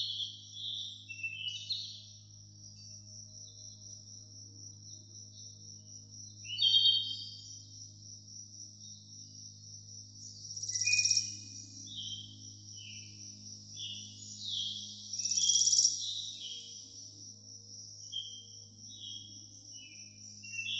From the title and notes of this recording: The authentic sound of birds blends with soft music to create a soothing atmosphere.